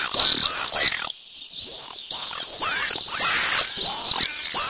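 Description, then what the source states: Common swift screaming calls, shrill buzzy screeches overlapping in a steady stream, with a brief hush near one second before the screaming resumes. Recorded in Esthal in 2004.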